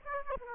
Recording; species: mosquito wingbeat signal from an infrared sensor; Aedes aegypti